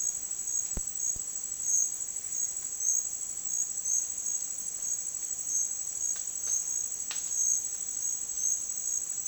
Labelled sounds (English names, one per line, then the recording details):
none
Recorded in dense forest near Puerto Asís, Putumayo, Colombia, on 29 June 2025 at 10:00
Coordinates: 0.466, -76.327
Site GP04